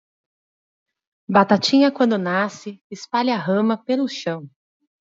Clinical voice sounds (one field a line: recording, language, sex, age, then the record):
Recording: short text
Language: Brazilian Portuguese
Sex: female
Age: 40 to 49 years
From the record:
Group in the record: control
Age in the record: 43 years